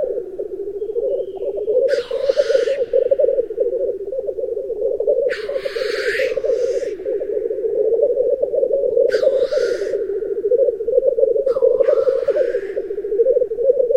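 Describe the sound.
Black grouse lek display: a continuous low bubbling cooing with loud, harsh hissing sneezes bursting out about every three to four seconds.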